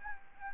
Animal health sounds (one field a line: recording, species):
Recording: mosquito wingbeat signal from an infrared sensor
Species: Anopheles gambiae